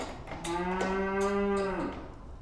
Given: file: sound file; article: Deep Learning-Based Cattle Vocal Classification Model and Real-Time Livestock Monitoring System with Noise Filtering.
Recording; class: cattle; food anticipating call